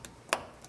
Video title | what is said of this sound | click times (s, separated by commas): 1992-2013 F150 Rear Door Won't Open $10 Fix! (Ford Door Cable Repair Kit) | Top is latched, bottom is latched. | 0.3 s